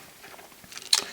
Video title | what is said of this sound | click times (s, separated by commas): Darkseid & Grail Review + Friend Mail from GEEKED UP! | keep that in mind as you hear the snap the snap SS back in place like that there and um | 0.9 s